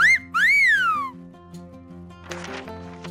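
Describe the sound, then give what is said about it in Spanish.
A stationmaster's whistle sounds twice, first a brief shrill chirp, then a longer blast that rises and falls in pitch, over a low steady musical hum that ends in a short rustling burst. “Espero el silbido del jefe de estación.”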